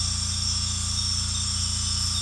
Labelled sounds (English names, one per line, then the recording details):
none
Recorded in secondary vegetation near Puerto Asís, Putumayo, Colombia, on 18 December 2024 at 21:00
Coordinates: 0.485, -76.322
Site GP08